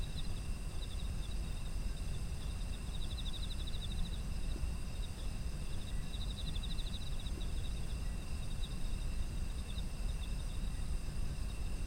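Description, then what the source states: Autumn insects trilling steadily in several high-pitched bands, with bursts of pulsed chirping, over a constant low rumble. Autumn insect ambient soundscape.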